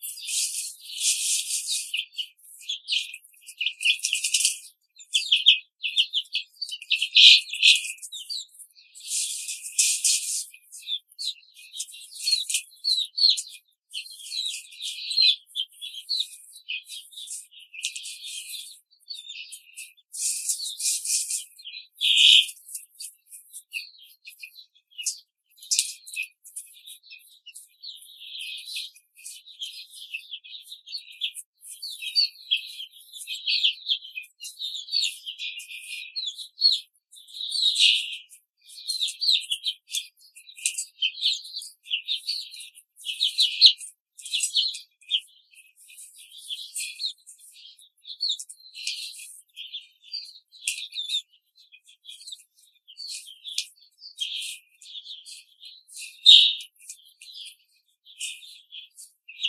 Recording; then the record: young laying hens in a cage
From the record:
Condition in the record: control cage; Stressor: none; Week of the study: 5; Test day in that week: 1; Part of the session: 1